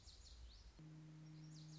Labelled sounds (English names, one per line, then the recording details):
Lazuli Bunting
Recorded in Sonoma County, California